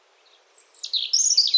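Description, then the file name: European robin song: after brief quiet, a very high thin whistle gives way to jumbled, rapid, tinkling notes growing louder. "Erithacus rubecula"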